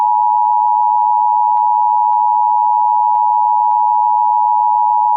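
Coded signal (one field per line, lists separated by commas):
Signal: Emergency Alert System (SAME) tones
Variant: 853 and 960 Hz attention tone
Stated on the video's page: Silver Alert relayed as an EAS Administrative Message.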